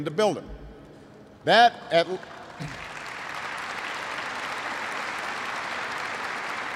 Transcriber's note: applause